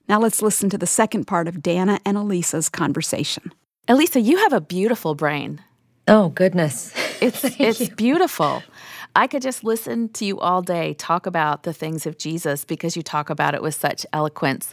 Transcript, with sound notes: Now, let’s listen to the second part of Dannah and Alisa’s conversation.
Alisa, you have a beautiful brain.
Oh, goodness. (laughter)
It’s beautiful. I could just listen to you all day talk about the things of Jesus because you talk about it with such eloquence.